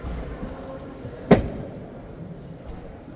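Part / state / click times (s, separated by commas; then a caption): door or drawer latch in a camper van / seated / 1.3 s. A door or drawer in a camper van is closed. It moves quietly with a low background rumble, then latches with a single sharp click at 1.3 seconds at the end of its travel, and is seated.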